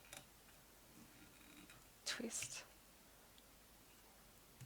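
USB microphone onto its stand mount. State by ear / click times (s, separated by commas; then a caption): not seated / none. Someone talks while twisting the threaded/bayonet mount of a Blue Yeti USB microphone onto its stand mount, a mount that is a little more difficult to twist. Soft handling and faint ticks are heard. Nothing has seated or clicked yet.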